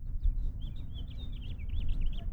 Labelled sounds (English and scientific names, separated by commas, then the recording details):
House Finch (Haemorhous mexicanus) song
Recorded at Oceanside on Long Island, New York, on 17 June 1975
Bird C